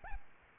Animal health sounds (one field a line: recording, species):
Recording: mosquito wingbeat signal from an infrared sensor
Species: Aedes albopictus